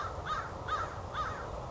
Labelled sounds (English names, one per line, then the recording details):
American Crow
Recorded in Sonoma County, California